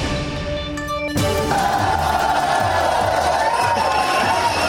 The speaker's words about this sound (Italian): Ripartiamo dal Belgio, come avevamo detto, quella che sentite è la festa ieri sera dei separatisti della nuova alleanza fiamminga, hanno vinto alle elezioni in Belgio